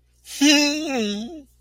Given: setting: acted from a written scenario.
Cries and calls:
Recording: vocal sound without words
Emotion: contentment

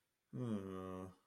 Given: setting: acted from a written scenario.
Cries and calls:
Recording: vocal sound without words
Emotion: shame

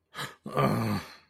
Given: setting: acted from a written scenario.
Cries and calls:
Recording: vocal sound without words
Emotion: negative surprise

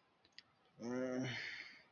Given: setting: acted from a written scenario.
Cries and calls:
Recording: vocal sound without words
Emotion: embarrassment

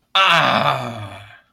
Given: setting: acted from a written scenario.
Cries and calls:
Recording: vocal sound without words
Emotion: triumph

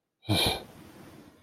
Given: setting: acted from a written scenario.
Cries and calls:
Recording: vocal sound without words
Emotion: contempt

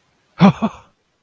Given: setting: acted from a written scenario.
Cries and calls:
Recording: vocal sound without words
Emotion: elation

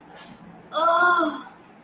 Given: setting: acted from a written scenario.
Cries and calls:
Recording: vocal sound without words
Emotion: fear

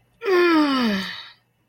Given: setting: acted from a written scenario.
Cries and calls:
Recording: vocal sound without words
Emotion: embarrassment

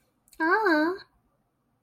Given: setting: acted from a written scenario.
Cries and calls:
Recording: vocal sound without words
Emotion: neutral

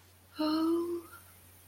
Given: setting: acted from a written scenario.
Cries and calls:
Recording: vocal sound without words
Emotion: romantic love

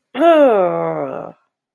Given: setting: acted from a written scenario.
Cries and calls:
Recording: vocal sound without words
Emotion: disgust

